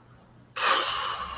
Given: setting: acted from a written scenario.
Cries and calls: vocal sound without words; guilt

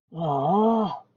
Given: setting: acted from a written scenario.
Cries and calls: vocal sound without words; embarrassment

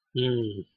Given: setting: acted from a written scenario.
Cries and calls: vocal sound without words; contempt

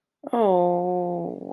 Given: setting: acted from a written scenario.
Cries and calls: vocal sound without words; disappointment

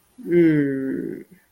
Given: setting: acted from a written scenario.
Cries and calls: vocal sound without words; pride

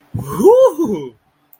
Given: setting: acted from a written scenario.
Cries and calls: vocal sound without words; elation

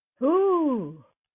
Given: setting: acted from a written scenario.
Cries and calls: vocal sound without words; awe

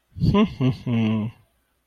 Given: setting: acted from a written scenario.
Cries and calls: vocal sound without words; adoration

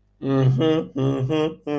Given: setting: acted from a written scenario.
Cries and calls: vocal sound without words; pride

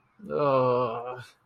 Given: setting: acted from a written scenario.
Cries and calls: vocal sound without words; guilt

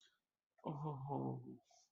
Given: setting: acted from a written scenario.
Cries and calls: vocal sound without words; romantic love

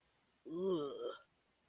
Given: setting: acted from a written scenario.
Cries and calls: vocal sound without words; disgust

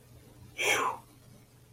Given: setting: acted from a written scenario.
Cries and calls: vocal sound without words; relief

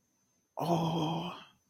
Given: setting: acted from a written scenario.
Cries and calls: vocal sound without words; adoration

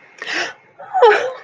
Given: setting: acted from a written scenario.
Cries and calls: vocal sound without words; positive surprise

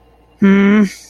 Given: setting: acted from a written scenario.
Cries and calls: vocal sound without words; anger

